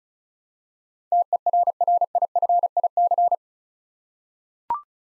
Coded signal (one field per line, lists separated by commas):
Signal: Morse code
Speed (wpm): 36 wpm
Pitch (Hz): 700 Hz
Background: none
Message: TERRIFIC